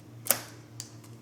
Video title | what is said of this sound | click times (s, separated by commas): Reassembling the Passap E 6000 Part 2 Deep Cleaning | There we go. The whole thing just snapped into place when I got those in. Perfect. | 0.3 s, 0.8 s